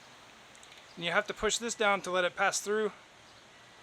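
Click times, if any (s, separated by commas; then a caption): none. A plastic trimmer blade is being pushed into a string trimmer head past a spring-loaded metal catch held down by hand; the catch will spring back and lock the blade. Someone talks from about 1.0 to 2.9 s over low, steady background noise. Nothing has seated or clicked yet.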